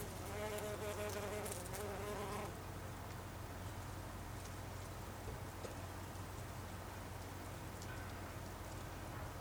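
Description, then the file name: Bumblebee buzzing, a steady droning hum with strong harmonics in the first two and a half seconds, then fading into a constant low background hum. Recorded 26 August 2012. "hunangsflugur 2012-08-26"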